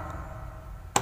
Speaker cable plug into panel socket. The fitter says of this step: sudah terkunci ya jadi ketika kita melepas itu mudah dulur ginilah